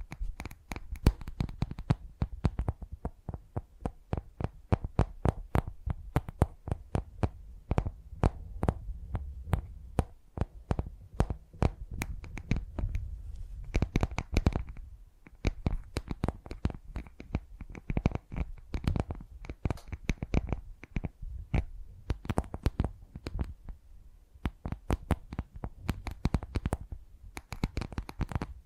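Brain tingly tapping sounds: rapid, sharp taps come in dense, uneven bursts across the whole clip, with short quieter gaps near 14 and 27 seconds. Each tap is crisp and bright, over a soft low rustle that resembles shuffling cards or handling objects.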